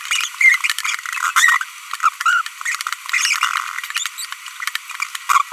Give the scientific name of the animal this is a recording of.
Forpus passerinus